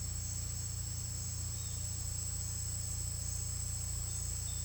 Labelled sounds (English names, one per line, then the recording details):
none
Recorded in secondary vegetation near Puerto Asís, Putumayo, Colombia, on 18 December 2024 at 10:00
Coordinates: 0.484, -76.319
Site GP06